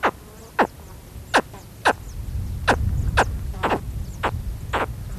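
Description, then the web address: Spectacled caiman giving about ten abrupt, falling chirps at irregular intervals, with a low rumbling noise rising midway through. "earth naturelibrary assets s sp spectacled caiman"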